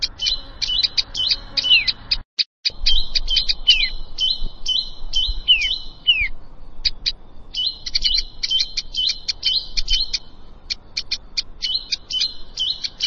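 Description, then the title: Prinia song, a hurried mix of ticking notes and buzzing warbles with some descending slurs, a short silent break early on. "Ciblek Sawah"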